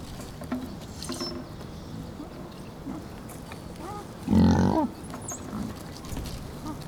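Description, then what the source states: Pig sounds, soft scattered grunts and one loud half-second harsh squeal in the middle, faint birds in the background. Piglets, more than one, hanging out.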